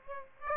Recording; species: mosquito wingbeat signal from an infrared sensor; Aedes aegypti